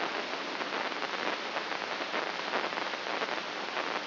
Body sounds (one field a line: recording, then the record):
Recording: brain microelectrode recording played as sound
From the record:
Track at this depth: outside the subthalamic nucleus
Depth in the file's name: 7.428 mm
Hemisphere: left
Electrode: 3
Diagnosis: Parkinson's disease